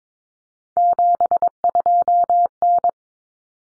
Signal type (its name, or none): Morse code